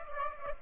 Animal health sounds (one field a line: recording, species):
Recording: mosquito wingbeat signal from an infrared sensor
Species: Aedes aegypti